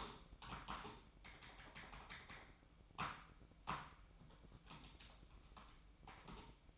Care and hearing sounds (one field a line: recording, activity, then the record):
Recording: daily activity, microphone in the room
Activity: typing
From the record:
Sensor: 1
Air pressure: 1007.6 hPa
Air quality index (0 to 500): 79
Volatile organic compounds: 1 ppm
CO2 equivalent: 685 ppm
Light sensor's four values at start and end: 12/30/12/14 and 12/30/12/14